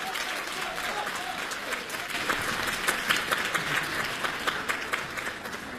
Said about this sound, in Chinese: 我们掌声有请。 有请二位。